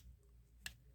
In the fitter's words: like right there and it Clips right into a place where it's the most natural pose which is pretty cool